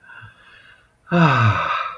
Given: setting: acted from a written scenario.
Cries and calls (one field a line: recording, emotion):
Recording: vocal sound without words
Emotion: serenity